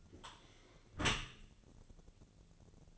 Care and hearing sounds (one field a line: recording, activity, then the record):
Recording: daily activity, microphone in the room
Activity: close dishwasher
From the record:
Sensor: 4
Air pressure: 1001.3 hPa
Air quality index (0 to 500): 180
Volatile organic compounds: 2 ppm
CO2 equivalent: 1284 ppm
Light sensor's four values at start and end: 12/26/11/11 and 12/28/11/12